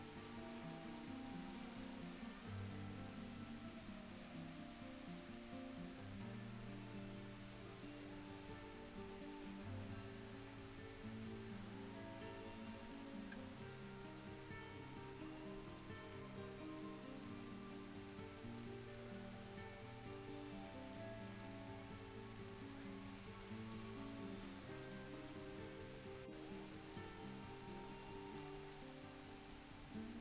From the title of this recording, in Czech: Zvuk deště s hrající kytarou v pozadí